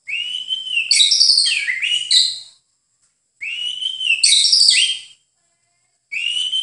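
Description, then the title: White-eye song in two similar phrases and the start of a third, each a level whistle breaking into a tumbling jumble of high twittering notes, with brief pauses between. Rolling song style called "ngerol ngalas". "Suara Burung Pleci Ngerol Ngalas"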